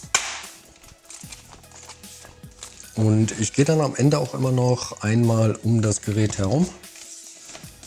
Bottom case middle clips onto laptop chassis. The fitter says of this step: er sehr gut wie alles wieder einrastet auch in der mitte sind ein roststellen und